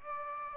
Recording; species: mosquito wingbeat signal from an infrared sensor; Aedes aegypti